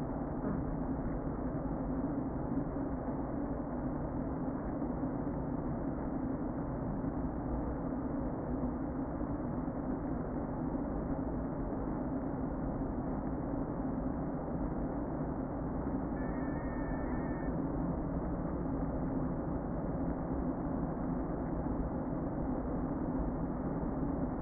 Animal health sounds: honeybee colony, microphone inside the hive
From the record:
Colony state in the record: queen present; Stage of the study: before two queens were removed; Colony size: about 60,000 bees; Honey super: yes

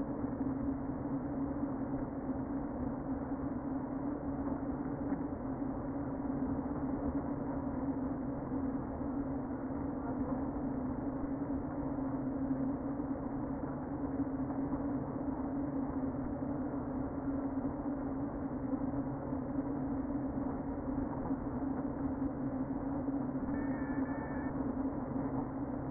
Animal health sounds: honeybee colony, microphone inside the hive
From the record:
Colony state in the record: queen present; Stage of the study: before two queens were removed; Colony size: about 60,000 bees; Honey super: yes

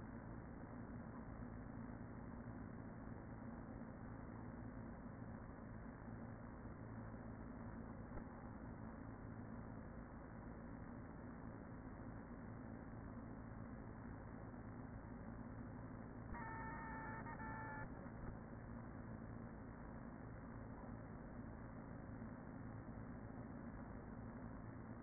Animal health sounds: honeybee colony, microphone inside the hive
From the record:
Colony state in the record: queen present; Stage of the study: after two queens were removed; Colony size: about 40,000 bees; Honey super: no

